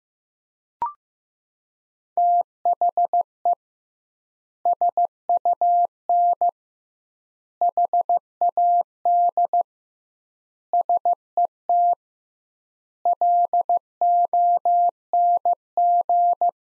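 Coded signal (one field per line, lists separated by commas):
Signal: Morse code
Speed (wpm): 15 wpm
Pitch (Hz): 700 Hz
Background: none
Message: THE SUN HAD SET LONG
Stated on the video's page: Practice sentences from the top 300 words at 15 wpm with double word spacing, a word-based variant of Farnsworth spacing.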